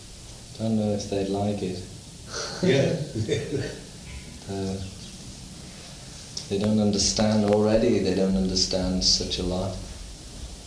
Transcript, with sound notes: I don't know if they'd like it.
Yes. They'll like. [laughs]
They don't understand. Already they don't understand such a lot.